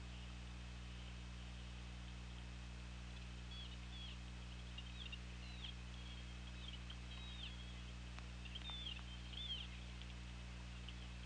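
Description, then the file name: Orca calls: faint short squeals that rise and fall, coming at irregular moments, with a few sharp clicks over a loud steady low electrical hum and hiss. Underwater hydrophone, 19 September 2017 at 01:51. "Orca Lab UTLN JASON"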